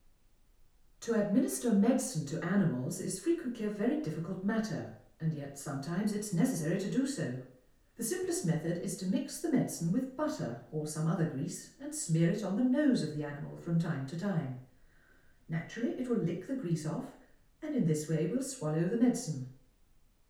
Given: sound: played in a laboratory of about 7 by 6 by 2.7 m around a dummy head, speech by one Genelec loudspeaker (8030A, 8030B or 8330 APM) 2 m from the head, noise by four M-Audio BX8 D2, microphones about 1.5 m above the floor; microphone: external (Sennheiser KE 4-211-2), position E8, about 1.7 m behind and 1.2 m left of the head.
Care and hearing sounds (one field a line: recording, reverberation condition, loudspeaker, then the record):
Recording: female speech in English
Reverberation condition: medium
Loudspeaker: 90 degrees to the right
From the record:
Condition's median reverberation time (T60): about 510 ms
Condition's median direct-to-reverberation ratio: about -0.5 dB